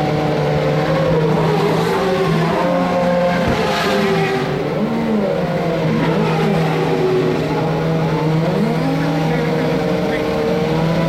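Turbocharged V8 race cars at a Vancouver street race, engines droning steadily with a low hum and pitch lines that rise and fall as they pass. The sound is dense and continuous throughout, with murmuring voices in the background and a brief sharp knock near four seconds.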